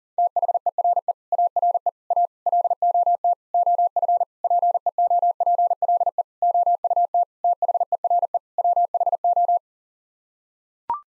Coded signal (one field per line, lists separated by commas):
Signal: Morse code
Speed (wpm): 40 wpm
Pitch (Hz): 700 Hz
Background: none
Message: THERE ARE A LOT OF PEOPLE OUT THERE WHO